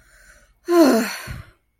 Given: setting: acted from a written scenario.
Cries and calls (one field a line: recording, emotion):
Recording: vocal sound without words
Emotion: contentment